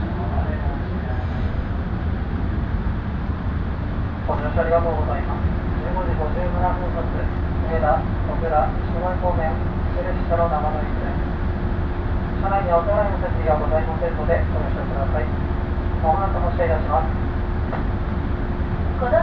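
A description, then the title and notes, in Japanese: Train interior on the Shinano Railway line: a steady low rumble and a constant hum, with people talking in bursts from about five seconds onward. しなの鉄道・北陸新幹線 小諸→上田→長野。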